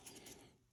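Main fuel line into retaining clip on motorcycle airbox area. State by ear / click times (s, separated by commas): not seated / none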